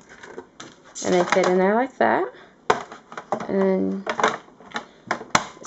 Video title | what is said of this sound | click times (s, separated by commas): VTech Touch and Learn StoryTime Interactive StoryBook Review | snaps into place three | 5.3 s